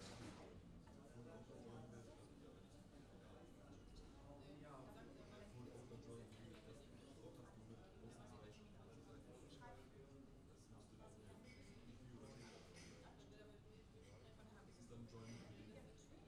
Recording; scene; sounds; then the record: everyday scene through a hearing-aid microphone; many people talking; many voices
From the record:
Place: university cafeteria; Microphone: in the ear canal, left